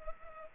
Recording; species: mosquito wingbeat signal from an infrared sensor; Culex pipiens